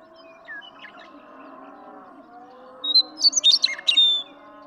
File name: Western Meadowlark